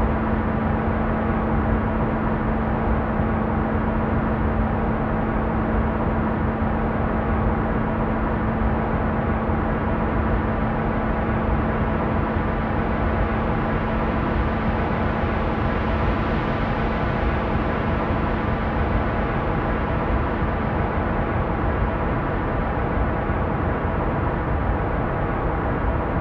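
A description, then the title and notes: White noise hisses steadily at a constant level for the full length, dense and even from the low rumble up through a bright top end. A faint steady hum sits low underneath, and the highest hiss swells slightly around the middle before settling back. White Noise.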